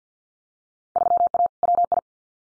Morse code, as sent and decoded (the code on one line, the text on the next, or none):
...-- .- / .-- ..
3A WI